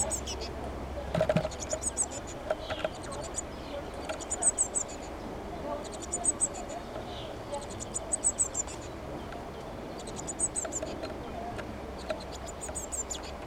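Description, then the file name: Eurasian blue tit, rapid thin high call notes in frequent clusters through the whole stretch, over faint steady background hum. "Cyanistes caeruleus"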